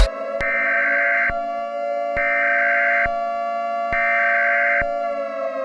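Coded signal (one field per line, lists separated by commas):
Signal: Emergency Alert System (SAME) tones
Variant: header bursts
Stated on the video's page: Fictional EAS scenario about a continental storm.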